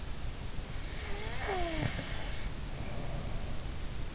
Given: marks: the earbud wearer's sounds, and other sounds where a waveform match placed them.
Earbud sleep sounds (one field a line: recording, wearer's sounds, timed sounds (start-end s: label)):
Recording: sounds in sleep by an in-ear microphone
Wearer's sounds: snoring breath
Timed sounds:
0.89-3.72 s: snoring breath